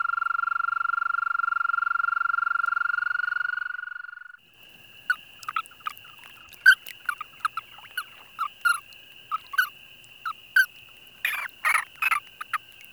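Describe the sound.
American toad trill: a long, steady, high musical trill lasting about four seconds, then stops, followed by scattered clicks and a faint steady high hum.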